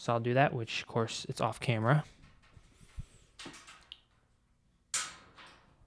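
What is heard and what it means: Someone talks while reaching inside the metal side panel of a Tripp Lite SR24UB server rack to release the ends of the spring latch so the side panel can come off. The latch lets go with a small, sharp click at 3.9 s, followed by a louder broadband clatter near 4.9 s. The latch is released.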